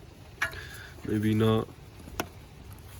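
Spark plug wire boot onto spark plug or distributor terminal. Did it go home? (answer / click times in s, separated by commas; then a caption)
yes / 2.2 s. A new Edelbrock Max-Fire Elite Performance spark plug wire's rubber boot is pushed back onto its spark plug or distributor terminal while someone talks, with a brief tap near 0.4 s. A short, sharp click at 2.2 s is the boot's metal clip snapping over the terminal, and the boot is seated.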